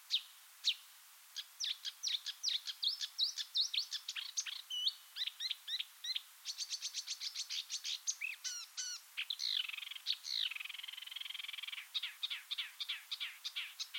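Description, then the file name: Marsh warbler song: a fast, varied, nearly continuous run of chattering notes and trills, with a buzzy passage late on. "suara-kicauan-burung-marsh-warbler omkicau"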